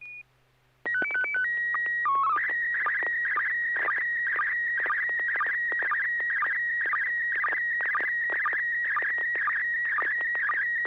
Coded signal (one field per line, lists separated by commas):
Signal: SSTV (slow-scan television)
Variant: PD 120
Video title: N6NA SSTV Net - 10/25/2023